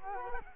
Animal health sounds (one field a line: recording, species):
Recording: mosquito wingbeat signal from an infrared sensor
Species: Culex quinquefasciatus